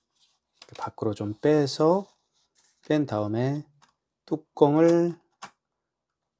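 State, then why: Seated. A man talks while loading a receipt paper roll into a KRE-C101 Bluetooth portable card payment terminal, pulling the paper end out. He then presses the centre of the plastic paper-compartment lid to close it. The lid snaps shut with a sharp click at 5.4 s and is seated.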